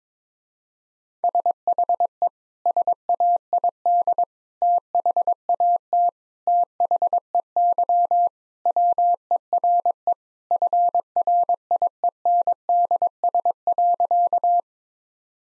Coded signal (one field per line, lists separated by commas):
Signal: Morse code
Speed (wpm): 22 wpm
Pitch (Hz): 700 Hz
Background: none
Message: SHE SAID THAT THEY WERE FRIENDS.